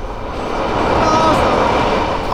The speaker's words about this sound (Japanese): まもなく、一番線の急行列車が通過します。白線の内側までお下がりください。 電車が通過します。お下がりください。